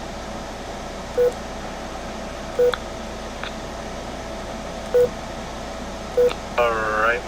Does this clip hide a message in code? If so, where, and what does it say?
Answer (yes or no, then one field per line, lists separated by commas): no